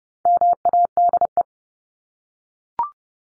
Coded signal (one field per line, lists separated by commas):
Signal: Morse code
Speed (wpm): 30 wpm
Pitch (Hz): 700 Hz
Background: none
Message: MADE